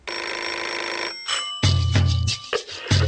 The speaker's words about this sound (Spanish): Después vamos a levantar. Es más, ya arrancamos con el despertador.